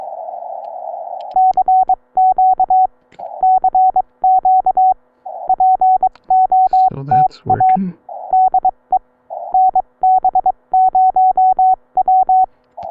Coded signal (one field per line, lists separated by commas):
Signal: Morse code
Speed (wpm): 22 wpm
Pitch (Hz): 750 Hz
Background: speech, radio noise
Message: CQ CQ POTA DE NB0W